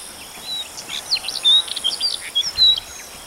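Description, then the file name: European stonechat, a scatter of high, scratchy chirps and short thin whistles in quick irregular succession, with faint background hiss. "Svarthakad buskskvatta"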